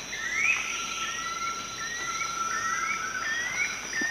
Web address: Natures Songs S America Eastern Lowlands Bucco tamatia, duet